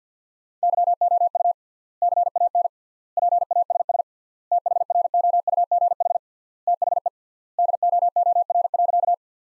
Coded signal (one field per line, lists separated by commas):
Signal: Morse code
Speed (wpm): 50 wpm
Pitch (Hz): 700 Hz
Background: none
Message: YOU CAN PASS THROUGH THE DOOR.